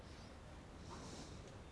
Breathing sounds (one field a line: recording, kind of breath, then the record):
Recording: one breath in and out by a microphone near the nose and mouth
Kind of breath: normal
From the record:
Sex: male